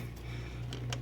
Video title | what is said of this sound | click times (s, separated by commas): Oil Cooler Line connector part 2 | slight click there I heard then | 0.7 s, 0.9 s